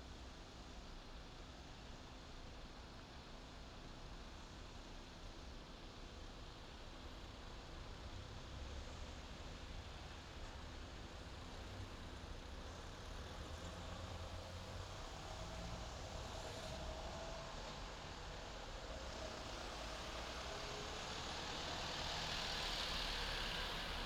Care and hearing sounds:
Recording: everyday scene through a hearing-aid microphone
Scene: in traffic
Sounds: traffic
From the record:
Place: main city hub, rush hour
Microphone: in the ear canal, left

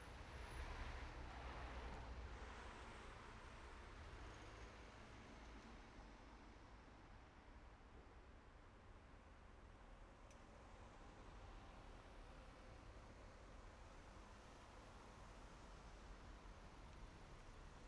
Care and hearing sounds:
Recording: everyday scene through a hearing-aid microphone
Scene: in traffic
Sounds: traffic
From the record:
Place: main road on the outskirts, rush hour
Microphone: behind the ear, right, front

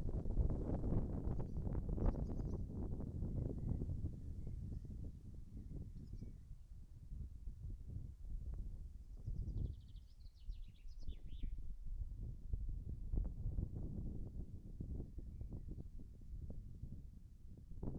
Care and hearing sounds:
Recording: everyday scene through a hearing-aid microphone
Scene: wind on the microphone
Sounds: wind, birds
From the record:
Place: in front of a rural house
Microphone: behind the ear, right, rear

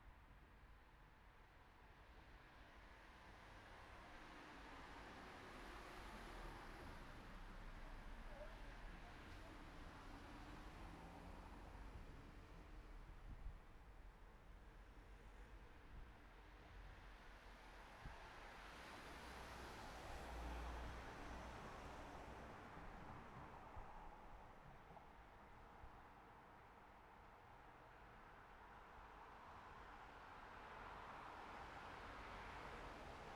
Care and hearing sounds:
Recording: everyday scene through a hearing-aid microphone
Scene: in traffic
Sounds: traffic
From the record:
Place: city secondary road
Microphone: behind the ear, right, rear

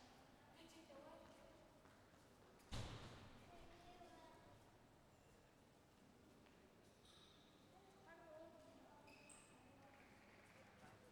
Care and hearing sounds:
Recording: everyday scene through a hearing-aid microphone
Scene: reverberant space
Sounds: background noise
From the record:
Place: railway station hall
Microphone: behind the ear, left, rear

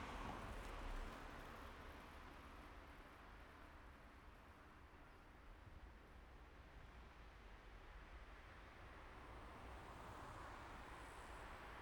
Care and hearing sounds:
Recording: everyday scene through a hearing-aid microphone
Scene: in traffic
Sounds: traffic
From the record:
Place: main road on the outskirts, rush hour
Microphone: behind the ear, right, rear

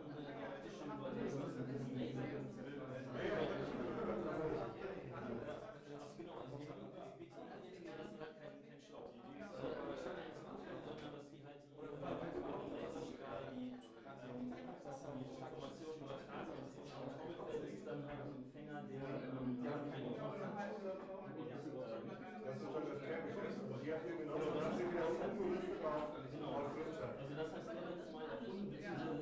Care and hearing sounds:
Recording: everyday scene through a hearing-aid microphone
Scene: many people talking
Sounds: many voices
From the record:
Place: bistro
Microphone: behind the ear, right, rear

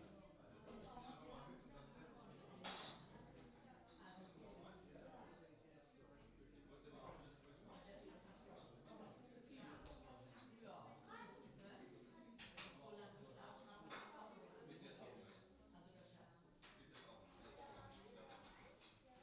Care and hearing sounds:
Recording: everyday scene through a hearing-aid microphone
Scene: many people talking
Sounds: many voices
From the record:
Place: parish hall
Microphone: in the ear canal, left

